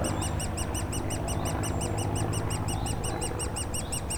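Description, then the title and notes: Woodpecker young begging with rapid high squeaks against a constant low aircraft drone. Woodpecker nestlings squawking continuously in their cavity at the foot of a dead tree trunk, Bois Saint-Martin near Lognes aerodrome, Noisy-le-Grand, France; light aircraft and airliners flying overhead; recorded with a DR-40X. "Bois Saint-Martin Noisy-le-Grand, France - Oisillons et gros "volatiles" bruyants. Au pied d'un tronc d'arbre mort, les oisillons d'un pic dans leur cavité piaillent continuellement alors que des avions survolent la zone"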